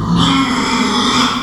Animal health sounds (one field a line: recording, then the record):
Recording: squeal of a Yucatan mini pig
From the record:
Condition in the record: after surgery on the right vocal fold (resection and tissue-engineered implant)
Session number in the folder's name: 16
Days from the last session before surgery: 183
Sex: female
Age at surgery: 19 weeks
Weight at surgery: 25 kg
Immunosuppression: prednisolone